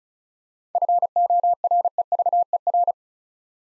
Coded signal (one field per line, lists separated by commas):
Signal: Morse code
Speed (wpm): 36 wpm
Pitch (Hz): 700 Hz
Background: none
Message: FOREVER